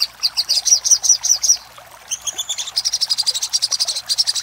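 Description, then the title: Little spiderhunter with a short run of high, even notes, a brief gap, then a faster, denser series of sharp chips. Masteran recording made for training caged songbirds. "Masteran Burung Sogok Ontong Labaik"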